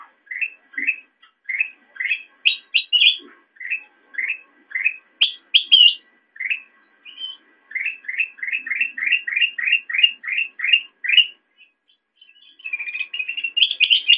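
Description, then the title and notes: Sooty-headed bulbul calls: long rapid series of short rising chirps with occasional higher sharp notes and a brief buzzy passage near the end. Used for training songbirds (masteran). "suara burung kutilang buat masteran"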